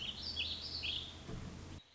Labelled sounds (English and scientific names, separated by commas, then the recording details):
Warbling Vireo (Vireo gilvus)
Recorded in Sonoma County, California